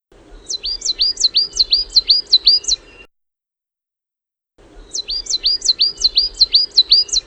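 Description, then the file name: Coal tit song: high, thin two-note phrases repeated rapidly, about seven per bout, in two bouts split by a short silence, over a faint low hum. "mésange Noire"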